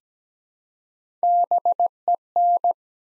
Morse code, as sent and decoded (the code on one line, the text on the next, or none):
-... . -.
BEN